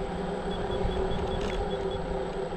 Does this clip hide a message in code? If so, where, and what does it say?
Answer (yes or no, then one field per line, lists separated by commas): no